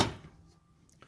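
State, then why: Not seated. The swing-out case of a pickup truck bed tool box, rated for a 75-pound weight limit, is swung back toward its stowed position at its latch on the truck bed mount. A loud broadband rustle at the start fades quickly, leaving a quiet stretch with faint small ticks near 0.9 and 1.0 seconds. The case has not yet latched into place, and nothing has seated.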